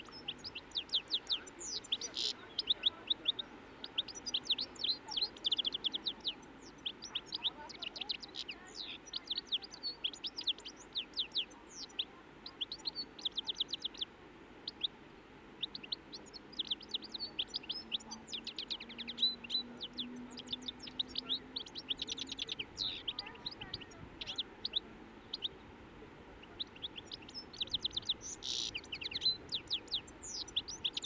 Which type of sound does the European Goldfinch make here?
song